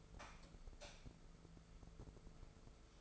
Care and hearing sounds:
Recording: daily activity, microphone in the room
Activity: light off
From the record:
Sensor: 5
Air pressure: 1014.7 hPa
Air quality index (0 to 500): 157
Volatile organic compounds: 5 ppm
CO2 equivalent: 1733 ppm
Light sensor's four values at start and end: 75/183/75/79 and 74/178/73/77

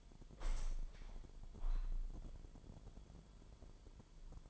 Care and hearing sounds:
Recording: daily activity, microphone in the room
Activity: open window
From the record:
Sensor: 5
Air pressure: 998.6 hPa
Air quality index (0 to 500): 106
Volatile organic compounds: 2 ppm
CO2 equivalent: 1223 ppm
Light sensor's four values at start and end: 60/149/61/69 and 59/148/61/69

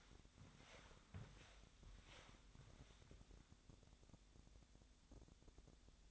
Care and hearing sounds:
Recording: daily activity, microphone in the room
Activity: walk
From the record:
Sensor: 3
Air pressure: 1000.5 hPa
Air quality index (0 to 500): 165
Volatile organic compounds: 3 ppm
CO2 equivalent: 1440 ppm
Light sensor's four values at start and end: 18/46/18/20 and 18/46/18/20

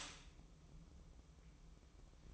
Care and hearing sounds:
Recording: daily activity, microphone in the room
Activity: stop toaster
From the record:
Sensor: 1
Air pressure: 1007.1 hPa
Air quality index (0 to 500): 73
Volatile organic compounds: 1 ppm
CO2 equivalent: 654 ppm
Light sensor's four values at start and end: 8/19/7/8 and 8/19/8/8

